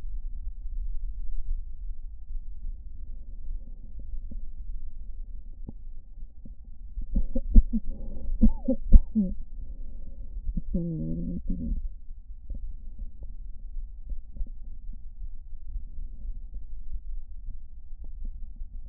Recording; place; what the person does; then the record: lung sounds by stethoscope; right anterior apical chest; quiet breathing, then cough and speech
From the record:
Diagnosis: asthma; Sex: female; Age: 72 years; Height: 160 cm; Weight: 63.4 kg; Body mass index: 24.8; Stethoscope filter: diaphragm mode